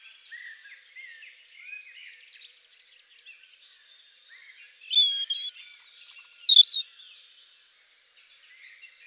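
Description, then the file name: European robin song, a loud burst of high warbled notes and a rapid metallic trill in the middle, with quieter high twittering before and after. "Jean Roch - Rougegorge"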